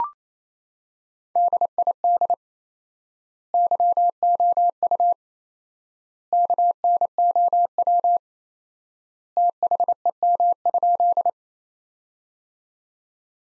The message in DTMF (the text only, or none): none